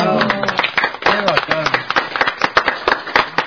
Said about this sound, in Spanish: Y conjuntamente con la música que emanan estos tesoros, veo también unos tesoros vivos, que son estos tres chicos que están comprometidos con el cuidado de ellos, y de estos tesoros sacan música realmente angelical. Muchísimas gracias. Un aplauso.